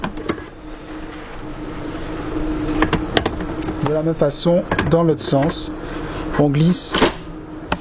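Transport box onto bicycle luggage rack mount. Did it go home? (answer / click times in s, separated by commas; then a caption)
yes / 7.7 s. A Racktime Boxit Small transport box by Tubus is slid back onto a bicycle luggage rack's quick-mount adapter, in the opposite direction to removal, until its plastic/metal snap clip engages. Light knocks and taps sound near the start and around 2.8 to 3.3 seconds while someone talks. A sharp click at 7.7 seconds marks the box seated on the rack.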